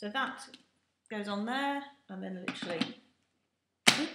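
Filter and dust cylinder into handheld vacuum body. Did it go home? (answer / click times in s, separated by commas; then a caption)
yes / 3.9 s. Someone talks while refitting the washable filter and pushing the dust cylinder back onto the body of a Gtech Multi cordless handheld vacuum. After the talk stops, one sharp plastic hit is heard at 3.9 s as the filter and dust cylinder click into place, seated.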